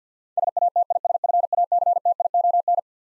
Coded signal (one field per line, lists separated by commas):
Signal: Morse code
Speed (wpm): 50 wpm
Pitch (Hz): 700 Hz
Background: none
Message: SATISFACTION